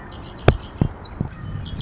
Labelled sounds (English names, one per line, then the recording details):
Red-winged Blackbird
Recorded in Sonoma County, California